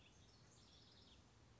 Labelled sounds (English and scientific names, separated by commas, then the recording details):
House Wren (Troglodytes aedon)
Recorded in Sonoma County, California